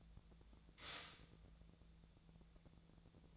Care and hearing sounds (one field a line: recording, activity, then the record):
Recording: daily activity, microphone in the room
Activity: stop toaster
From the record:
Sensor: 3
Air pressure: 1000.2 hPa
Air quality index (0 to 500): 154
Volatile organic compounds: 3 ppm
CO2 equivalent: 1359 ppm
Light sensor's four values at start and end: 37/95/40/43 and 37/95/40/43